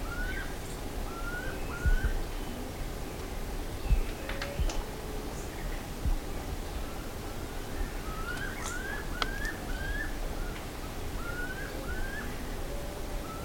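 Bird calls: short rising whistled notes, often in quick pairs or threes, repeated throughout over a constant low rumbling background noise.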